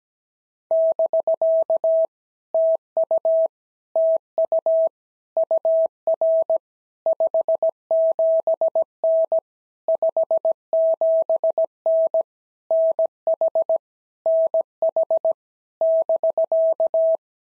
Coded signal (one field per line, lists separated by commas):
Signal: Morse code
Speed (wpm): 17 wpm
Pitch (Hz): 650 Hz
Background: none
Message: <BK> TU TU UR 57N 57N NH NH <BK>